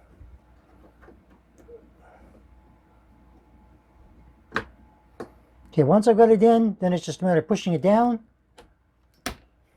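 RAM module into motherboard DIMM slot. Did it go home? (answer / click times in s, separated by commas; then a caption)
yes / 9.3 s. A RAM memory stick is pushed down into its DIMM slot on an ASRock B450M Pro4-F motherboard. Someone talks, a few soft taps and knocks are heard, and then one sharp click comes at 9.3 s as the module seats in place.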